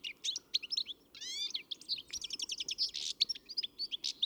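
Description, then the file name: European greenfinch: fast chattering high notes with a short trilled phrase early on, followed by quick bright chirps repeated to the end. "Chloris chloris"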